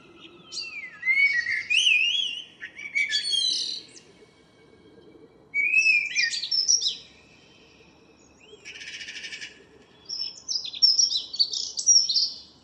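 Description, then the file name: Common blackbird song: several phrases of mellow gliding whistles breaking into high scratchy twittering, separated by short pauses. "Turdus merula"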